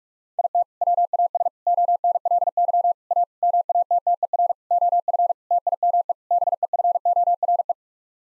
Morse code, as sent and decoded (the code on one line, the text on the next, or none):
.. - / .-- .- ... / --- -. .-.. -.-- / .- / -- .- - - . .-. / --- ..-. / - .. -- . / -... . ..-. --- .-. .
IT WAS ONLY A MATTER OF TIME BEFORE